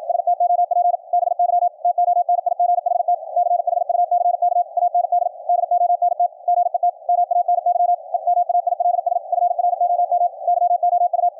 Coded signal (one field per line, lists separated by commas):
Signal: Morse code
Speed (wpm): 54 wpm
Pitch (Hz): 700 Hz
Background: radio noise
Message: STOP BY TONIGHT CHUCK AND DONT GET MANY EMAILS FROM YOU